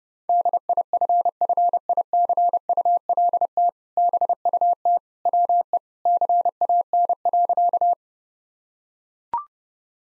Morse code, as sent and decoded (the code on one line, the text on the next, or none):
-.. .. ..-. ..-. .. -.-. ..- .-.. - / -... ..- - / .-- . / -.-. .- -. .-.-.-
DIFFICULT BUT WE CAN.